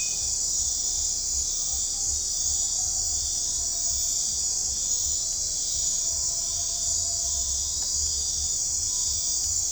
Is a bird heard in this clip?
no